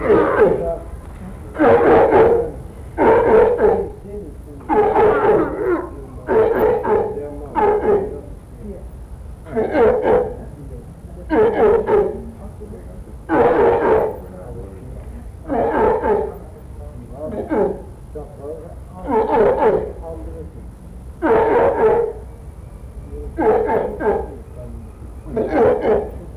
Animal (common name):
Walrus